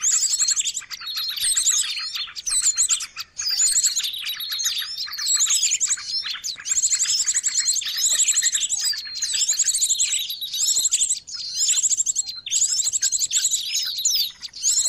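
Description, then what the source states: Bird: rapid high chirps, squeaky notes and repeated buzzy trills almost without pause, the same rattling phrase coming back again and again. Noisy birds, used as a lure for catching birds.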